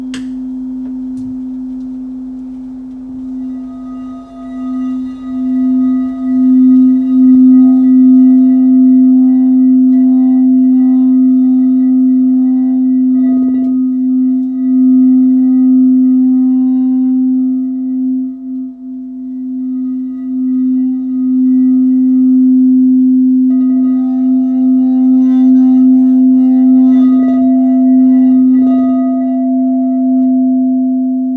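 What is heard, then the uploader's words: A sound bath with a singing bowl's steady low hum and faint bright overtones, swelling and softly pulsing throughout, with brief soft taps. Relaxing sound bath.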